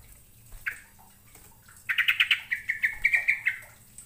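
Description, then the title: Bird chirping: one lone chirp, then a long, rapid string of bright, evenly spaced chirps lasting about a second and a half over a faint low hum. "Kicau Burung"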